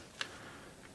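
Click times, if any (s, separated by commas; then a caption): 0.2 s. A metal trigger pin is lined up and pushed through the steel receiver and trigger of a Romanian M10 AK47 rifle while the disconnector is held down against its spring into the trigger. A single sharp, bright click sounds at 0.2 s over a quiet background. The pin has clicked into place and is seated.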